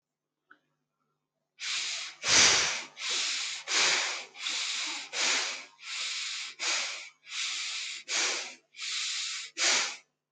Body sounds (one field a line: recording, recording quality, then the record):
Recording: shallow breathing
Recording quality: excellent, no background noise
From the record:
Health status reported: healthy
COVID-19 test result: negative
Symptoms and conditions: none ticked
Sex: male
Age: 31 years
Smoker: not ticked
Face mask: not worn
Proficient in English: yes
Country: India